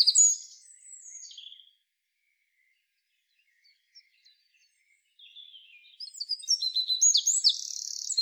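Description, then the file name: Eurasian wren song: a few high descending notes at the start, a near-silent gap, then a loud, rapid burst of sharp high notes building toward the end. "Troglodytes troglodytes"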